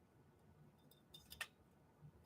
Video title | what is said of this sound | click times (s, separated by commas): Coal mine? | there's a click | 1.4 s